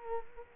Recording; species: mosquito wingbeat signal from an infrared sensor; Culex quinquefasciatus